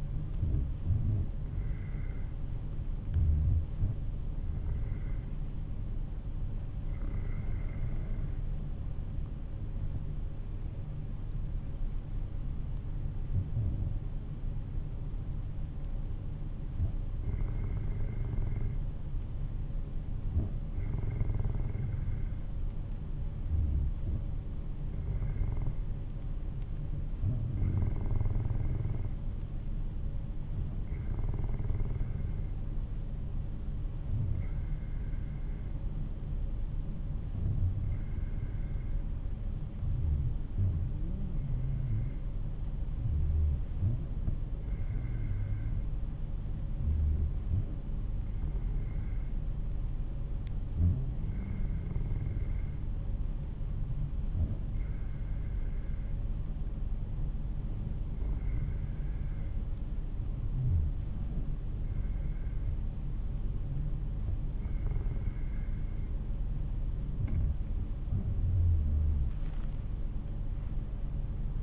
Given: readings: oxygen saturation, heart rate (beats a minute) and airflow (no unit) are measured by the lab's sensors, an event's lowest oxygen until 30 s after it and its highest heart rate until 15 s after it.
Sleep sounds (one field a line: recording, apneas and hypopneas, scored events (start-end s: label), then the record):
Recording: breathing in sleep by a smartphone at the bedside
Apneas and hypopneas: 1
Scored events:
24.00-59.60 s: hypopnea (N2, oxygen 95% highest, then 94% lowest, heart rate 49 at the start, 54 highest)
52.00-71.62 s: new sleep stage, N1 (lightest sleep)
From the record:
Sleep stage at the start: N2 (light sleep)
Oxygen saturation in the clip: 93 to 95%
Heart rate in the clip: 49 to 56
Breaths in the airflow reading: 21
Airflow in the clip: -4.9 to 12.0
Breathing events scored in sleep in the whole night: 388 in 6.5 hours asleep